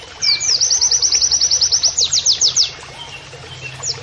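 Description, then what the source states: White-eye sings one fast, high, evenly pulsed trill of many notes that ends in stronger downward sweeps, followed by a single faint note. Training (masteran) recording of a persistently singing (gacor) white-eye, with canary-like phrases (nembak kenarian).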